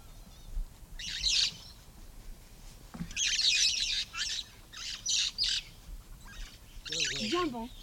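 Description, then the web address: Red-fronted parrot giving rasping squawks in quick clusters, followed near the end by a lower warbling sound. "parrots poicephalus-gulielmi"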